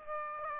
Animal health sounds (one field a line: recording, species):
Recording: mosquito wingbeat signal from an infrared sensor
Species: Aedes aegypti